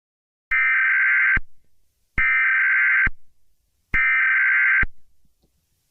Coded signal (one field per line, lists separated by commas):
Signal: Emergency Alert System (SAME) tones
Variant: header bursts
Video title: Hello Neighbor EAS Scenario